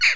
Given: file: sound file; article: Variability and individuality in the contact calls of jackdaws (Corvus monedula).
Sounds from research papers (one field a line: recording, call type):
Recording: jackdaw call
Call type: noisy